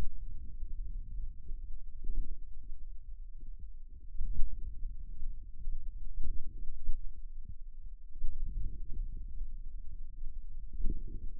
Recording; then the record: forearm muscle sounds (acoustic myography)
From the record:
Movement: outward rotation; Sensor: system 2, bracelet of six BSWA MPA416 microphones around the upper forearm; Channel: 1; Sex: male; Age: 22 years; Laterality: right